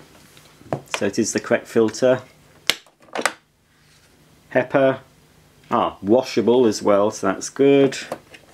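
Someone talks while refitting the washable HEPA filter or its cover on an Electrolux The Professional upright vacuum cleaner, working one-handed while holding the camera. Soft handling taps and a sharp tick near 2.7 s are heard between the talking. The filter cover has not yet seated or clicked into place when the clip ends.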